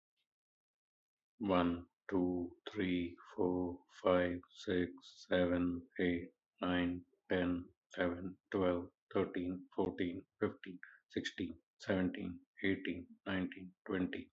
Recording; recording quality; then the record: counting at a normal pace; excellent, no background noise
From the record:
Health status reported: healthy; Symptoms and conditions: hypertension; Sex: male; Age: 50 years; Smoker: not ticked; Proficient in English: yes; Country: India